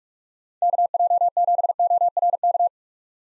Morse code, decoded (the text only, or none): KJ7ORK